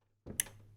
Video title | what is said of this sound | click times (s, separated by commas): demonstration speech pc building | Right in there. See, look at that. Just a nice click. | 0.4 s